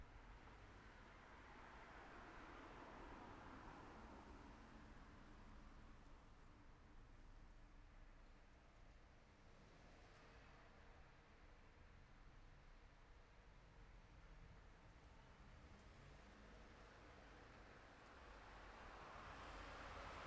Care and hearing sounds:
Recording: everyday scene through a hearing-aid microphone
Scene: in traffic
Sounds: traffic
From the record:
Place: city secondary road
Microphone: behind the ear, left, rear

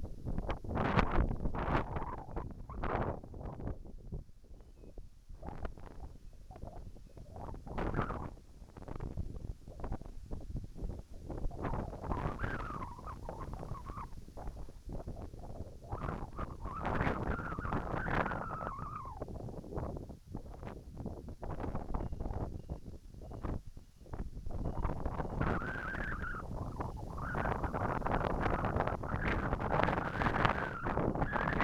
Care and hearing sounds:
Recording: everyday scene through a hearing-aid microphone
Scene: wind on the microphone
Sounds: wind, whistling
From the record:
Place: in front of a rural house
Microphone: behind the ear, right, rear

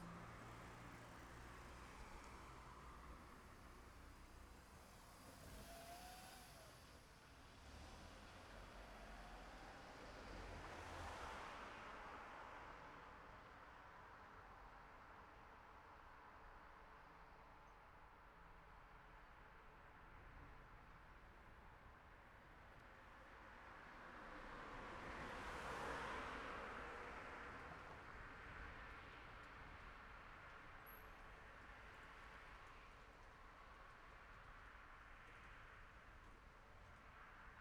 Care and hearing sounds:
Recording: everyday scene through a hearing-aid microphone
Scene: in traffic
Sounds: traffic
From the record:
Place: city secondary road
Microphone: behind the ear, left, front

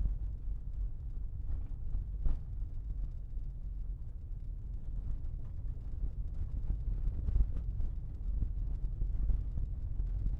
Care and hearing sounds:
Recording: everyday scene through a hearing-aid microphone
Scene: in a vehicle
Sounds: engine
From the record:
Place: Berlingo II, diesel engine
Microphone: behind the ear, left, rear

